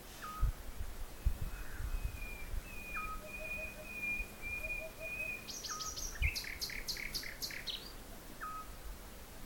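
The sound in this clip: Animal calls: a long, thin, steady whistle, short repeated downslurred notes, and a brief burst of high rapid chirps, all over low rumbling noise.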